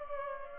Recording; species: mosquito wingbeat signal from an infrared sensor; Aedes aegypti